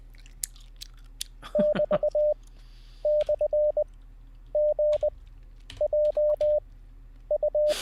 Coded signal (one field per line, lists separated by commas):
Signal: Morse code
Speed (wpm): 20 wpm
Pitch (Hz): 600 Hz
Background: none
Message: <BT> / G J U